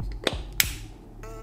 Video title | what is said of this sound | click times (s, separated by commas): GoPro Hero9 Black PRZEWODNIK DLA POCZĄTKUJĄCYCH Tutorial | aby odpowiednio mocno i prawidłowo domykać same drzwiczki usłyszymy charakterystyczne kliknięcie przy zamykaniu | 0.6 s